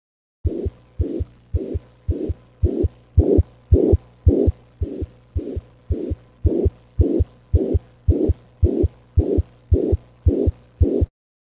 Left sternal border in a dyspneic cat. The same sound played at half speed, making the murmur much easier to identify.